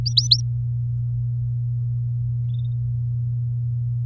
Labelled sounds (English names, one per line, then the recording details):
Domestic Canary song
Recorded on 8 May 2018 at 06:22
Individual llb16